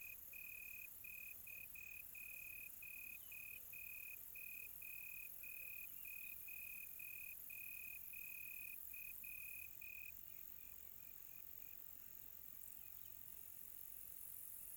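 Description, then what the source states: Cricket chirping in rapid, slightly uneven pulses for about twelve seconds, then dropping away, with a constant high insect hiss in the background. Quiet tropical night.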